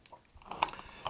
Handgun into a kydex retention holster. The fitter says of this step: kidex and it locks in so you can't